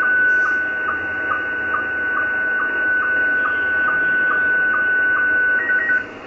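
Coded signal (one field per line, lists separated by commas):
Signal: SSTV (slow-scan television)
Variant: Scottie 1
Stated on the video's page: Live shortwave radio broadcast test from Montreal, Canada.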